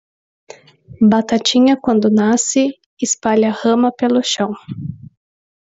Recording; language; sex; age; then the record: short text; Brazilian Portuguese; female; 20 to 29 years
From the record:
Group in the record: control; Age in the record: 27 years